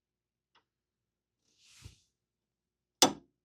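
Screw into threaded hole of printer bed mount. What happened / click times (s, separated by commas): The screw dropped into the start of the thread / 3.0 s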